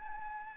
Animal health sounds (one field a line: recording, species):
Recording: mosquito wingbeat signal from an infrared sensor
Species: Anopheles gambiae